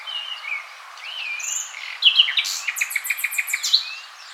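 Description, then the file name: Common nightingale delivering slurred whistles followed by a rapid, rhythmic series of loud repeated notes. "Luscinia megarhynchos"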